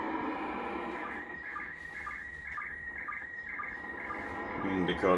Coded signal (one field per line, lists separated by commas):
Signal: SSTV (slow-scan television)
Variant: PD 120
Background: speech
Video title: SSTV decode from International Space Station ARISS 145.800 MHZ VHF 2 meters Icom IC R8500